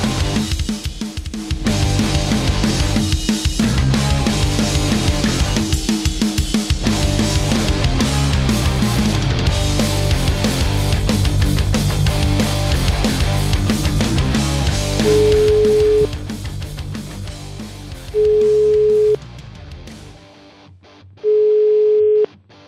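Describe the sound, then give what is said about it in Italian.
A phone call goes out to a priest's mobile phone: a long stretch of dense, distorted line noise gives way to three steady, mid-pitched ringing tones spaced evenly apart, with no one speaking. “Proviamo a chiamare il prete però, che c'è il cellulare, un attimo solo, vai.”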